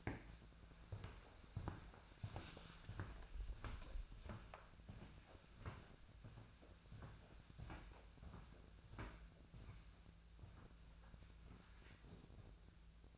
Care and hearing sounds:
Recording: daily activity, microphone in the room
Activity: walk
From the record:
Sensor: 2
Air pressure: 1008.2 hPa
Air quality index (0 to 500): 180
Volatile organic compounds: 10 ppm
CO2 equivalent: 2225 ppm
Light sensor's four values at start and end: 15/35/15/16 and 14/33/14/15

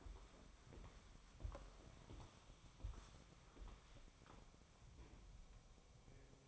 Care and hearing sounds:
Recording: daily activity, microphone in the room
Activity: walk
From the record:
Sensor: 1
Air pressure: 1015.4 hPa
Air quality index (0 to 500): 127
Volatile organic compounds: 5 ppm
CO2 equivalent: 1745 ppm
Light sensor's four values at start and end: 13/32/13/14 and 12/30/12/14

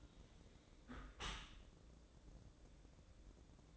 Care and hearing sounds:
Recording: daily activity, microphone in the room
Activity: close dishwasher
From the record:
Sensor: 3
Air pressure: 1012.3 hPa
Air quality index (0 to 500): 165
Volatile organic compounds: 2 ppm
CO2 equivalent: 1267 ppm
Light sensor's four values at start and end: 576/1423/588/592 and 578/1425/589/593

